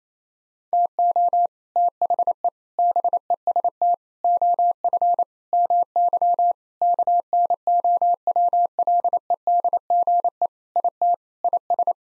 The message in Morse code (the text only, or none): TO THE BEST OF MY KNOWLEDGE IT IS